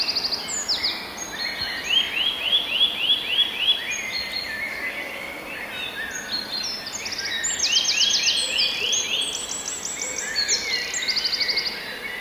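Eurasian nuthatch giving slow trills of rising whistled notes in bursts, over a busy chorus of other high bird calls.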